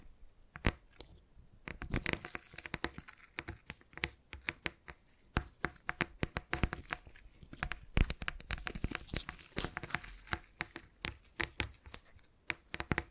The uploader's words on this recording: ASMR Brain Tingly Tapping Sounds for Sleep (No Talking).